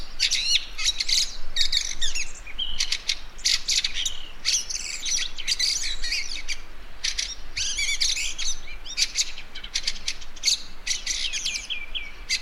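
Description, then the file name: Fieldfare with a chattering, wheezy song of grating notes and squeaky twitters, rapid bursts following each other almost without pause. "Wacholderdrossel Gesang"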